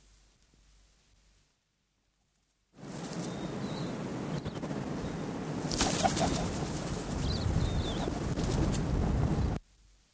Chatham Island pigeon/parea song.